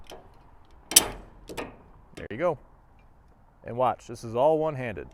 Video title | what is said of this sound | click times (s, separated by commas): ULTIMATE RATCHET STRAP GUIDE! How To Safely Tie Down A Tractor To A Trailer! Plus Tie Down Tips! | you're gonna open up the bail the entire way you'll hear it pop or release there | 0.9 s, 1.0 s